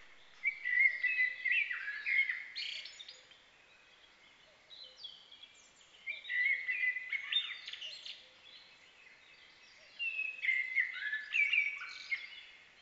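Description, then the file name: Common blackbird singing varied, fluty and warbled phrases in three bursts of about two to three seconds each, separated by pauses. "Turdus merula"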